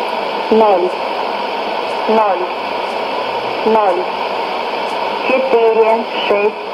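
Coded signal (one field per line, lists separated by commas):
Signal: numbers station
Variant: S06s Russian female voice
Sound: a woman's voice reading short, evenly spaced words, about 5, through hissy shortwave static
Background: radio static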